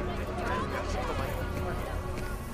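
Steady, dense murmur of many overlapping voices at a bustling bazaar, a constant crowd hubbub with no single voice standing out, holding an even loudness throughout.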